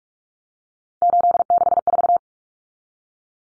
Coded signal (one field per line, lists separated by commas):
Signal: Morse code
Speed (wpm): 44 wpm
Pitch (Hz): 700 Hz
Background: none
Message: 864